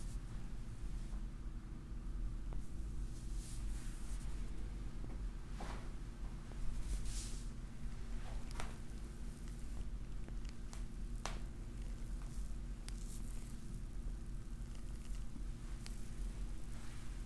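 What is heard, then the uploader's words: Soft rubbing and scratching of a head massage, with brief brushing bursts every second or two over a steady low hum. Head massage.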